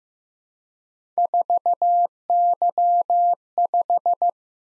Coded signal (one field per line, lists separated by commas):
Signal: Morse code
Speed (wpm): 15 wpm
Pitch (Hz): 700 Hz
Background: none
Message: 4Y5